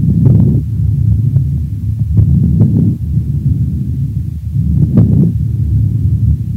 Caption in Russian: Влажные, незвонкие, мелкопузырчатые хрипы у пациента с бронхитом.